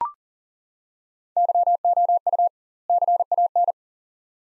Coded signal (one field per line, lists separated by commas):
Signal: Morse code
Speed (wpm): 38 wpm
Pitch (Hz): 700 Hz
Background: none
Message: YOU CAN